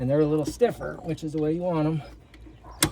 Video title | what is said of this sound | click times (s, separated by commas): How to Make Room in an Electrical Panel for a 60 Amp Breaker (Tesla Wall Charger Install) | And you heard that positive click, right? | 2.8 s